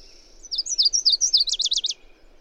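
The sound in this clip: Bird song, a single high phrase of sharp down-slurred notes speeding into a rapid trill, with a thin steady tone just before it.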